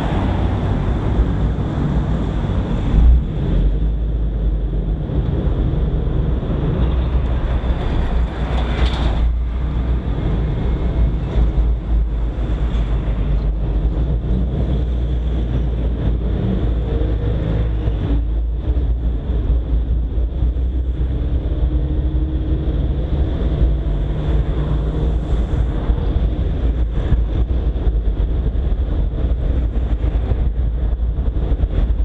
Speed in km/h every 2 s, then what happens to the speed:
0, 0, 2, 2, 3, 4, 12, 17, 20, 23, 26, 28, 29, 29, 30, 31.
0-7 standing. 7-20 pulls away to 26. 20-32 steady at about 29.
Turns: none.